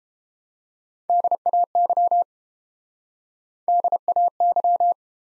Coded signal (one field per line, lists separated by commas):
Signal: Morse code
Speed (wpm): 31 wpm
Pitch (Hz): 700 Hz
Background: none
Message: DAY DAY